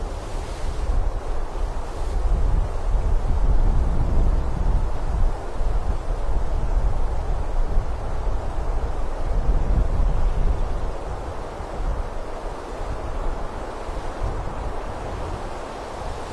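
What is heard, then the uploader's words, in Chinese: Wind moving through a forest, a steady dense rush weighted toward the low end with a deep rumble underneath. The level swells slightly around four to ten seconds, then eases a little toward the end, with faint brighter hiss above throughout. 森林间的风。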